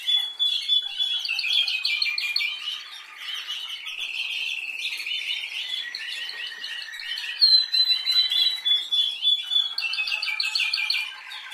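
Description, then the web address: Canary song with rapid rolling trills and twittering bursts, the later phrases louder and choppier. "Golchin Best Canari Seda Canari. Niyaz Music)"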